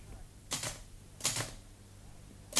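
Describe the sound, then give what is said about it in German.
Sharp mechanical clacks of typewriter keys being pressed down by a governor learning to type, a few at a time in slow, uneven pairs, with quiet pauses and a low hum between the strikes. “Und der Gouverneur sitzt stundenlang vor seiner Schreibmaschine, freut sich wie ein Kind, dass er die einzelnen Tasten herunterdrücken kann und dann die Buchstaben auf dem Papier erscheinen.”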